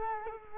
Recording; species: mosquito wingbeat signal from an infrared sensor; Culex quinquefasciatus